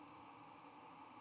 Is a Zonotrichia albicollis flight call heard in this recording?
no